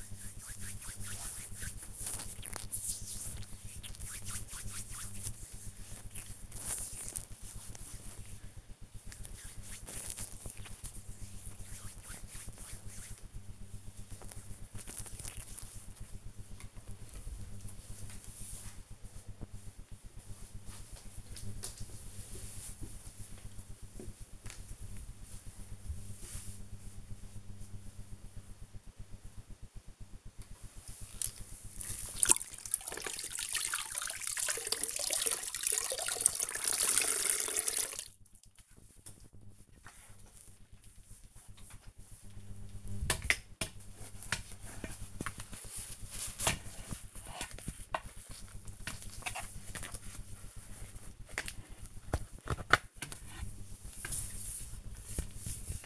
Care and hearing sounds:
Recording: household activities, microphone on the right wrist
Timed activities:
0.00-15.91 s: cream hands
30.01-55.86 s: floor cleaning

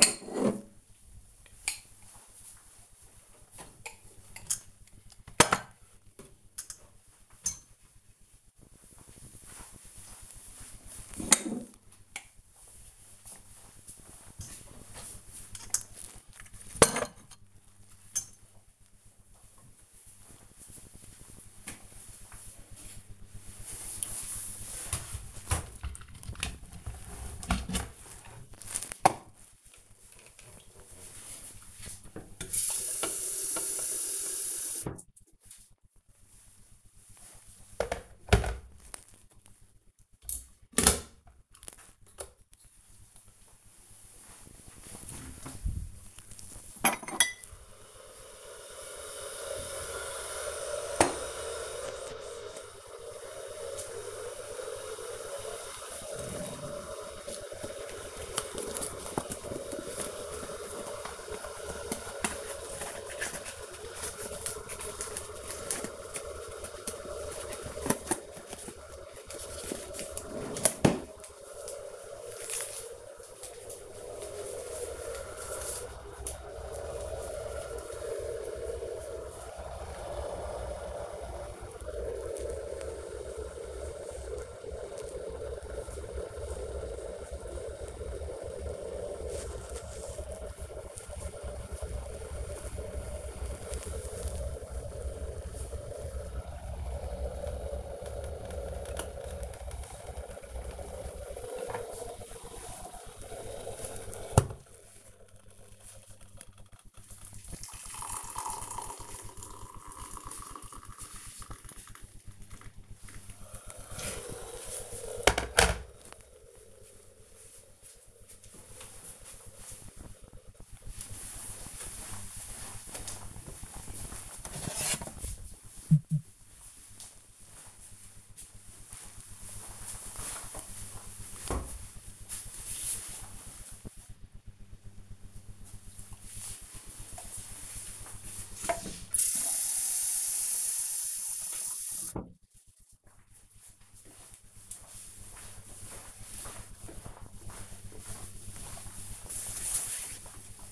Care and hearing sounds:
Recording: household activities, microphone on the right wrist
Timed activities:
0.00-19.27 s: putting away the dishes
27.34-115.00 s: making tea
125.06-150.71 s: watering plant

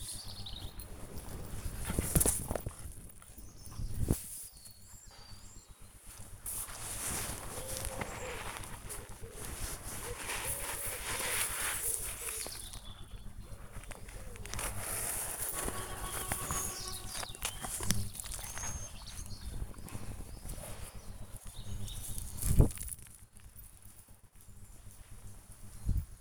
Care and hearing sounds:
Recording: household activities, microphone on the right wrist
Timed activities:
0.00-26.21 s: play with the dog

